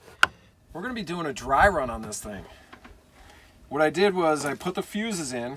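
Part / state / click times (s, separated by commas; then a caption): wire harness plug into van heater unit socket / seated / 0.2 s. A wiring harness plug is pushed into its socket on a Webasto gasoline heater unit in a Promaster van, under the removed top cover, and a single sharp click at 0.2 s marks it locking into place. Someone then talks through the rest of the clip.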